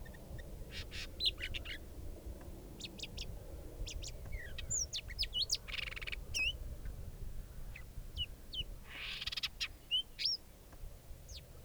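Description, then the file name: Sabota lark song, scattered high chips and slurred whistles with brief buzzy bursts, varied phrases spread throughout over low background rumble. Recorded at Halali. "Lark sabota halali"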